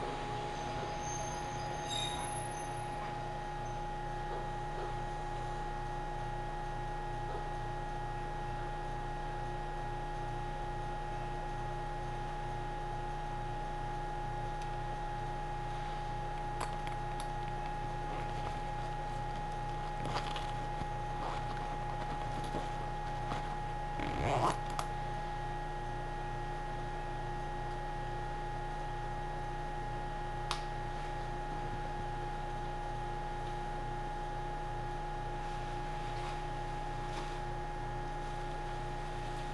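A train ride on the Minakuchi–Gamono line, with a steady motor hum, rapid even pulsing underneath, and scattered knocks near 20 and 24 seconds.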